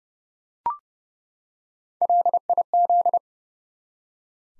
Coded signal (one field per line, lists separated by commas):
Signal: Morse code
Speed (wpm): 30 wpm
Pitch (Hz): 700 Hz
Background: none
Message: LIZ